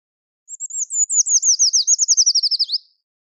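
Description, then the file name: Eurasian treecreeper with one very high, wispy phrase of rapidly repeated notes that gradually drops in pitch and finishes in a short rising twist. "Miškinis Liputis Eurasian Treecreeper - Certhia familiaris"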